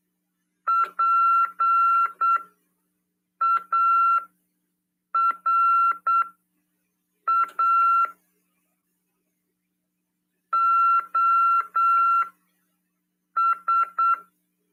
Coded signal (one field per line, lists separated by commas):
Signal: Morse code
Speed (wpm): 8 wpm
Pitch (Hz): 1360 Hz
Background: none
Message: PARA OS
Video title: RADIOAMADOR "TVCRASP" 1ªED. 25/8/2022 "SETEMBRO: CW, COM. RODADA e LEGISLAÇÃO" PY2EXU PAULO SP/SP